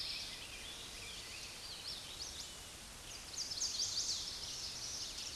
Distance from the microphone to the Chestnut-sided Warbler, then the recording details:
about 45 m. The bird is about level with the microphone. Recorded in a Pennsylvania forest on 16 May 2024 at 09:07. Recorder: AudioMoth, point MSD-2349. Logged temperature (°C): 15.8 °C. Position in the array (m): 20 m, 24 m